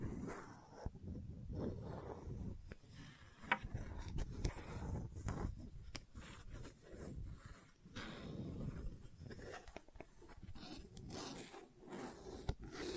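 Gentle scratching runs through the whole clip as a dense, restless texture of short, rough strokes, heaviest in the low range with a thin bright hiss above. Sharp clicks or taps break through now and then, around 1, 3.5, 6 and 12.5 seconds.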